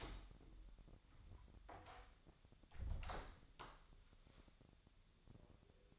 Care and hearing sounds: daily activity, microphone in the room; close door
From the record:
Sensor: 3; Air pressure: 1007.6 hPa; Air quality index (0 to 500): 195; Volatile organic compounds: 15 ppm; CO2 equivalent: 2501 ppm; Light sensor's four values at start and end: 12/29/12/12 and 12/29/12/12

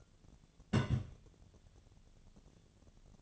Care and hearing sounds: daily activity, microphone in the room; place on stove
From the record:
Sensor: 4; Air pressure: 1010.8 hPa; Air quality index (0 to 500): 167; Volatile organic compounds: 4 ppm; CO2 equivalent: 1703 ppm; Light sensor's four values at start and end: 39/111/45/46 and 39/112/45/46

